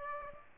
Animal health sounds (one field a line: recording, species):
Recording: mosquito wingbeat signal from an infrared sensor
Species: Aedes aegypti